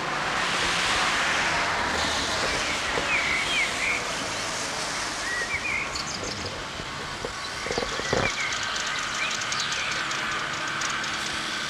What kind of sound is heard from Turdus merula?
song